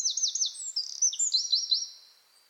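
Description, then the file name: Eurasian wren song fragment, fast high trills and sweeping notes rattling on for about two seconds, then fading away. "Troglodytes troglodytes"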